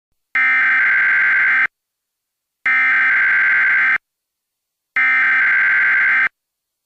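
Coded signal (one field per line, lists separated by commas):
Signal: Emergency Alert System (SAME) tones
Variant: header bursts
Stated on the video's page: Fictional mock alert for an invented national warning system.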